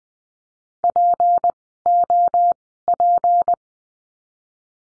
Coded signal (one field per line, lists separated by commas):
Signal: Morse code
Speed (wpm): 19 wpm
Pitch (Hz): 700 Hz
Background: none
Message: POP